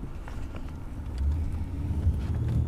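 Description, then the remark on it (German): A car drives for about half an hour through small villages in Brandenburg, Germany, toward the Jänschwalde opencast lignite mine. Its engine and tires produce a continuous low rumble that swells slightly midway, with faint intermittent clicks and rattles above the drone and no voices. “Mit dem Auto geht es eine knappe halbe Stunde durch kleine Orte.”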